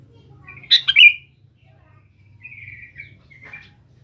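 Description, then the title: Sooty-headed bulbul sings one quick liquid phrase, then two thin, level whistled notes follow more softly. "Kutilang"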